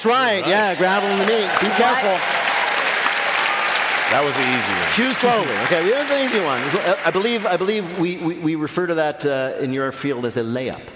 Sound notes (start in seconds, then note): 0.4 soundbite of bell; 2.3 applause